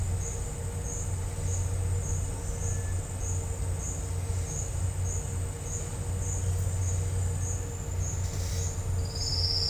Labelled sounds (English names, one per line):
none